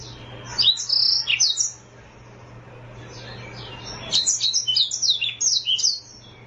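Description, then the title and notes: Oriental magpie-robin song: two bursts of rapid, high, sweeping chirps and whistles separated by a pause, over a steady low hum. "Kicau Kacer. manukmanukan"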